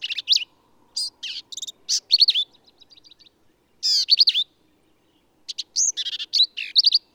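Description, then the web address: Black-capped vireo singing rapid varied phrases of scratchy buzzes and quick slurred whistles, with a brief soft chatter between louder bursts. "birdsongforthecurious Black-capped Vireo"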